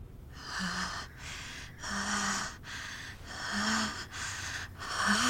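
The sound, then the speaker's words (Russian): Heavy, rasping breaths repeat in a steady rhythm, about six noisy inhales and exhales with brief pauses between them and a faint voiced hum on some, loud and alone, as a small boy breathes heavily while reaching his hands toward his baby sister in a cradle. “Тяжело дыша, Кунтян протягивает руки к девочке.”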